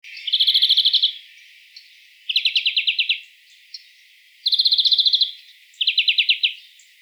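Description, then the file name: Greenfinch rattles: fast, evenly pulsed high trills of roughly a second, four bursts with brief quiet gaps and a faint chip between. "Chloris chloris"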